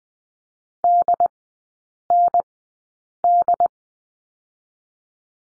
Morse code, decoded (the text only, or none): DND